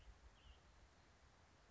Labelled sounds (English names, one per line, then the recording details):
Western Tanager
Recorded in Sonoma County, California